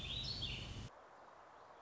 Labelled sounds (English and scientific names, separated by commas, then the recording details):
Warbling Vireo (Vireo gilvus)
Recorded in Sonoma County, California